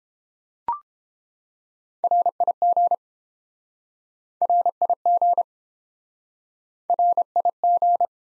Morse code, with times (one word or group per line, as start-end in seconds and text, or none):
2.0-2.9 RIG
4.4-5.4 RIG
6.9-8.1 RIG